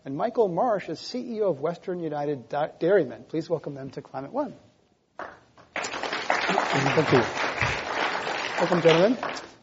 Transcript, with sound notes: and Michael Marsh is CEO of Western United Dairymen. Please welcome them to Climate One.
[Applause]
Thank you.
Welcome gentlemen.